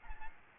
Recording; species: mosquito wingbeat signal from an infrared sensor; Aedes aegypti